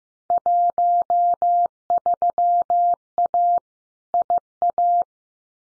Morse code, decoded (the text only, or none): 13A IA